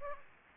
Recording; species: mosquito wingbeat signal from an infrared sensor; Aedes aegypti